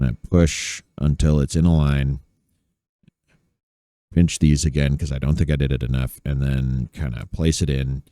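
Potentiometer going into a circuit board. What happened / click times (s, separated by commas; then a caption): Component legs handled and lined up, no seating click / none. Someone talks while straightening and lining up the bent legs of a potentiometer by hand, then pinching it to place it into a circuit board. During a quiet pause, a faint tap is heard at about 3.1 seconds. The potentiometer has not snapped into place yet.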